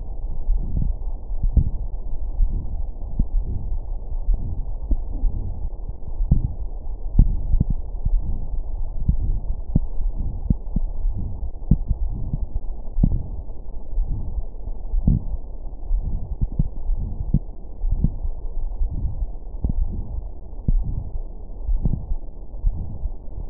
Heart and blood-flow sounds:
heart sounds
0.00	0.48	diastole
0.48	0.64	S1
0.64	0.84	systole
0.84	0.98	S2
0.98	1.42	diastole
1.42	1.52	S1
1.52	1.66	systole
1.66	1.82	S2
1.82	2.38	diastole
2.38	2.50	S1
2.50	2.64	systole
2.64	2.74	S2
2.74	3.34	diastole
3.34	3.46	S1
3.46	3.58	systole
3.58	3.70	S2
3.70	4.26	diastole
4.26	4.40	S1
4.40	4.58	systole
4.58	4.66	S2
4.66	5.22	diastole
5.22	5.34	S1
5.34	5.54	systole
5.54	5.64	S2
5.64	6.18	diastole
6.18	6.28	S1
6.28	6.40	systole
6.40	6.54	S2
6.54	7.16	diastole
7.16	7.34	S1
7.34	7.56	systole
7.56	7.70	S2
7.70	8.12	diastole
8.12	8.24	S1
8.24	8.40	systole
8.40	8.50	S2
8.50	9.06	diastole
9.06	9.20	S1
9.20	9.36	systole
9.36	9.48	S2
9.48	10.00	diastole
10.00	10.12	S1
10.12	10.32	systole
10.32	10.42	S2
10.42	11.02	diastole
11.02	11.14	S1
11.14	11.32	systole
11.32	11.42	S2
11.42	12.02	diastole
12.02	12.14	S1
12.14	12.32	systole
12.32	12.42	S2
12.42	12.98	diastole
12.98	13.10	S1
13.10	13.24	systole
13.24	13.34	S2
13.34	13.96	diastole
13.96	14.06	S1
14.06	14.22	systole
14.22	14.34	S2
14.34	14.92	diastole
14.92	15.02	S1
15.02	15.16	systole
15.16	15.30	S2
15.30	15.90	diastole
15.90	16.02	S1
16.02	16.18	systole
16.18	16.30	S2
16.30	16.88	diastole
16.88	17.00	S1
17.00	17.18	systole
17.18	17.26	S2
17.26	17.84	diastole
17.84	17.96	S1
17.96	18.12	systole
18.12	18.22	S2
18.22	18.80	diastole
18.80	18.92	S1
18.92	19.10	systole
19.10	19.22	S2
19.22	19.76	diastole
19.76	19.88	S1
19.88	20.06	systole
20.06	20.14	S2
20.14	20.68	diastole
20.68	20.84	S1
20.84	21.00	systole
21.00	21.12	S2
21.12	21.68	diastole
21.68	21.80	S1
21.80	21.94	systole
21.94	22.04	S2
22.04	22.66	diastole
22.66	22.76	S1
22.76	22.90	systole
22.90	23.00	S2
23.00	23.50	diastole
From the record:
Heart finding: coronary artery disease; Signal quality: good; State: rest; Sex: male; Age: 44 years

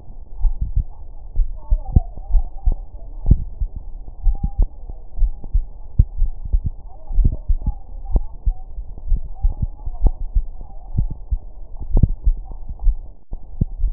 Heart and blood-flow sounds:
heart sounds
0.00	0.42	diastole
0.42	0.54	S1
0.54	0.74	systole
0.74	0.84	S2
0.84	1.36	diastole
1.36	1.48	S1
1.48	1.70	systole
1.70	1.82	S2
1.82	2.32	diastole
2.32	2.46	S1
2.46	2.66	systole
2.66	2.76	S2
2.76	3.26	diastole
3.26	3.40	S1
3.40	3.60	systole
3.60	3.70	S2
3.70	4.24	diastole
4.24	4.38	S1
4.38	4.58	systole
4.58	4.68	S2
4.68	5.20	diastole
5.20	5.32	S1
5.32	5.54	systole
5.54	5.64	S2
5.64	6.18	diastole
6.18	6.32	S1
6.32	6.52	systole
6.52	6.62	S2
6.62	7.16	diastole
7.16	7.32	S1
7.32	7.48	systole
7.48	7.60	S2
7.60	8.12	diastole
8.12	8.24	S1
8.24	8.46	systole
8.46	8.56	S2
8.56	9.08	diastole
9.08	9.20	S1
9.20	9.42	systole
9.42	9.54	S2
9.54	10.02	diastole
10.02	10.14	S1
10.14	10.34	systole
10.34	10.44	S2
10.44	10.96	diastole
10.96	11.10	S1
11.10	11.30	systole
11.30	11.40	S2
11.40	11.92	diastole
11.92	12.10	S1
12.10	12.28	systole
12.28	12.38	S2
12.38	12.84	diastole
12.84	12.96	S1
12.96	13.16	systole
13.16	13.24	S2
13.24	13.80	diastole
13.80	13.93	S1
From the record:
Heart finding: coronary artery disease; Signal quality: good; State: rest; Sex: female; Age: 48 years

